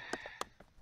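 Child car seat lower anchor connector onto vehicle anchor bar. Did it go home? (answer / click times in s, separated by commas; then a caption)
yes / 0.4 s. A child car seat's lower anchor connector is pushed onto the vehicle's anchor bar. A sharp click at 0.4 s marks it seating, with a smaller tap just before it and faint knocks after. The connector is seated on the anchor.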